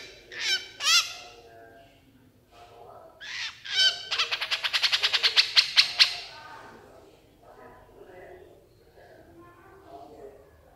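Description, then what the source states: Horsfield's bush lark song: two sharp whistled notes, then a buzzy phrase running into a rapid, loud trill about two seconds long, ending in quieter chatter. Super gacor (vigorous, continuous) singing; a masteran recording for training cage songbirds.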